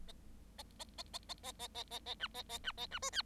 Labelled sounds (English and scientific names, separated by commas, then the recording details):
Bengalese Finch (Lonchura striata domestica) song
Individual Bird7